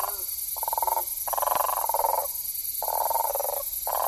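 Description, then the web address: Bufo typhonius group toad giving rapid pulsed trills in bursts of about a second or less, several in a row with brief pauses, against a constant high hiss. Recorded in the Ecuadorian Amazon, South America. "Frogs of Ecuadorian Amazon Bufo typhonius"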